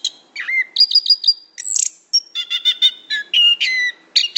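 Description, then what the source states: Orange-headed Thrush song, varied whistled phrases with a falling slur, repeated high notes and a drawn-out steady whistle near the end. Rolling song (ngerol), used for training the bird.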